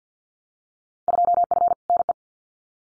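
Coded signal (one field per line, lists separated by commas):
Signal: Morse code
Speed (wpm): 50 wpm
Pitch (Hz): 700 Hz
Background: none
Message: 2F NE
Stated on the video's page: Morse practice of Field Day exchanges at 50 wpm, each exchange sent twice.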